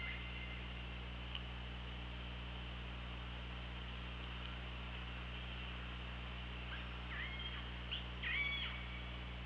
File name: Orca Lab UTLN JASON 20170824 185424 ORCALABDYNI